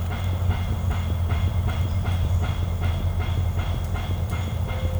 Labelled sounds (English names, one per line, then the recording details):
none
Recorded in secondary vegetation near Puerto Asís, Putumayo, Colombia, on 16 December 2024 at 11:00
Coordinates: 0.499, -76.323
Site G010